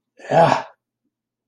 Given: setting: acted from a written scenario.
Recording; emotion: vocal sound without words; disgust